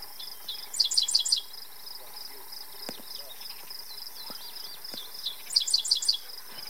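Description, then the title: Dickcissel song: a burst of four sharp chirped notes, repeated about five seconds later, with faint thin calls and a few soft taps between, over a steady high hiss. Male singing in north prairie grassland, Minnesota, USA, June 30, 2023, late in the nesting season; recorded with a camera's onboard audio. "Dickcissel (Spiza americana) at Afton State Park"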